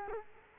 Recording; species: mosquito wingbeat signal from an infrared sensor; Culex quinquefasciatus